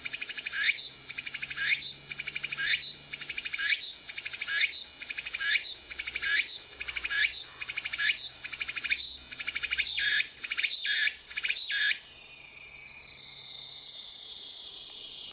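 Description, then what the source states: Walker's cicada song: loud buzzy phrases pulsing about once a second, speeding up near the end, then breaking into a steady high continuous drone. Recorded on 16 September 2022.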